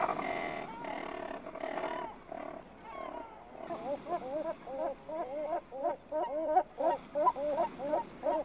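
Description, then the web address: Bird calls, short rising and falling nasal notes repeated quickly in the second half. "audio animali uccelli uccelli birds"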